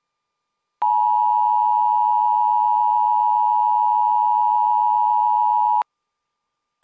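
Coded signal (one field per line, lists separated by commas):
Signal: Emergency Alert System (SAME) tones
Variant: 853 and 960 Hz attention tone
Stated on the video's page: Virtual, simulated Severe Thunderstorm Warning EAS alert on fictional station WDFA.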